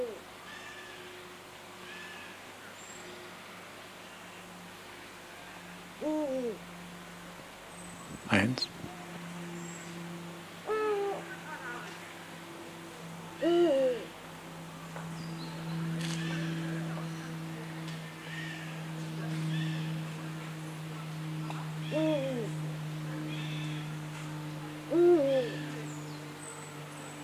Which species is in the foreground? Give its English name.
Eurasian Eagle-owl